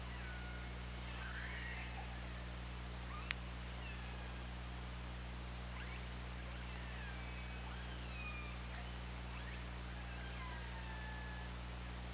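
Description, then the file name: Orca calls, a series of faint sweeping tones and short downward slides spread throughout, one sharp click, and steady low background hum. Recorded on the OrcaLab hydrophone on 24 August 2017 at 20:47. "Orca Lab UTLN JASON 20170824 204759"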